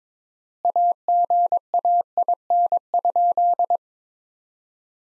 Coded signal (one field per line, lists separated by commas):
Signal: Morse code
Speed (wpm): 22 wpm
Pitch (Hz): 700 Hz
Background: none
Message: AGAIN?